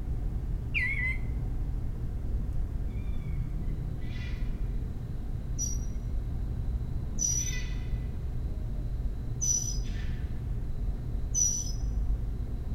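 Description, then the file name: Northern mockingbird giving a mix of harsh bursts and sharp high notes, several spaced roughly two seconds apart, over steady low-pitched background rumble. Recorded at a home in Maryland on 26 May 2012; the mockingbird is protesting a commotion. "Northern Mockingbird Home MD 20120526 protesting commotion"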